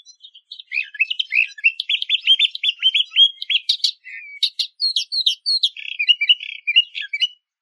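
Eastern Orphean warbler song, a fast run of varied chattering and warbled notes with scratchy and whistled elements, nearly continuous for about seven seconds, with no other sounds.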